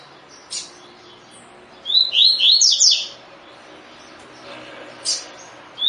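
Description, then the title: Double-collared seedeater gives one rapid burst of high, slurred whistled notes, with a couple of brief sharp chips before and after. Double-collared seedeater in the "tui tui" song style; the source labels the bird "fibra". "COLEIRO DE GOLA TUI TUI FIBRA"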